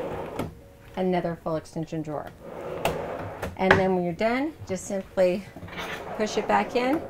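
Someone talks while handling a full-extension drawer in an RV cabinet of a 2023 Newmar Kountry Star, pushing it back in. Brief knocks are heard at about 0.4, 2.9 and 3.4 seconds. The drawer has not latched or locked into place yet.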